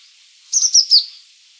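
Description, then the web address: Azure tit call: three high thin notes along a slightly falling line, under a second long. "wroblowe ptaki cyanistes cyanus"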